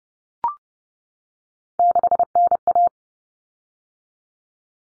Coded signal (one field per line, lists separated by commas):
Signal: Morse code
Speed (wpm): 30 wpm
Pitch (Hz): 700 Hz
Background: none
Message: 6NA